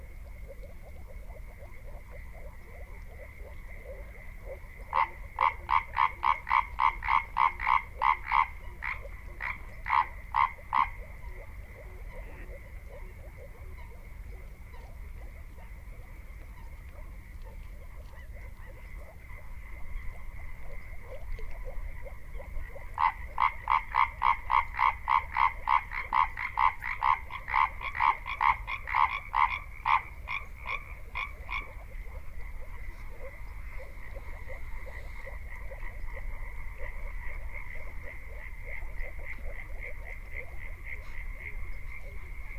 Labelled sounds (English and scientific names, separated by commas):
Common Tree Frog (Hyla arborea) call